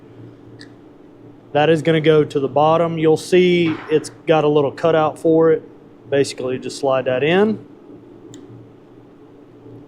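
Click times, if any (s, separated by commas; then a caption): 8.3 s. A crimped metal wire terminal is slid into the back of a plastic motorcycle connector housing. Someone talks through the first part of the clip, and the terminal clicks into place at 8.3 s, seated.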